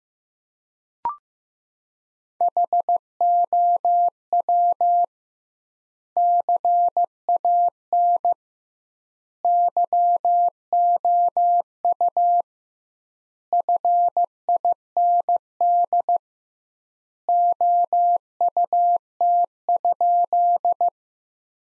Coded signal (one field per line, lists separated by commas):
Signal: Morse code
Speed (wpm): 15 wpm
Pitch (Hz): 700 Hz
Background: none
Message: HOW CAN YOU FIND OUT?